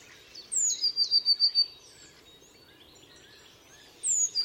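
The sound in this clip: Bird song: a high note and a brisk trill, then steady background noise before the song starts again at the end.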